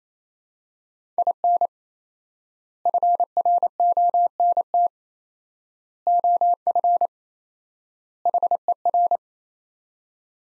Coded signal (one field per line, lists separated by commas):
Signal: Morse code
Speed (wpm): 27 wpm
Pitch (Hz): 700 Hz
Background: none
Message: IN FRONT OF HER